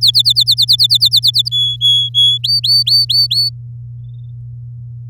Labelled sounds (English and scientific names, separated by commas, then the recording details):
Domestic Canary (Serinus canaria) song
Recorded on 10 May 2018 at 12:01
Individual llb16